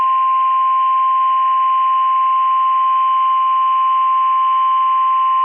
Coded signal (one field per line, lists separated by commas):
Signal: Emergency Alert System (SAME) tones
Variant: 1050 Hz attention tone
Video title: 12/1/21 New Month New Opportunities....Required Weekly Test EAS #126